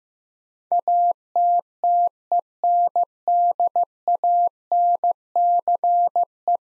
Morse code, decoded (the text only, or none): ATTENDANCE